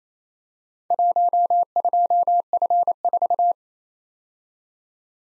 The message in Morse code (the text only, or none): 12F4